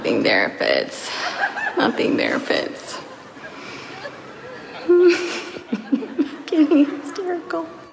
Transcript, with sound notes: Nothing there fits, nothing there fits. (whimpering) I’m getting hysterical!